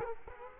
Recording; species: mosquito wingbeat signal from an infrared sensor; Culex quinquefasciatus